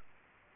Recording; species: mosquito wingbeat signal from an infrared sensor; Aedes aegypti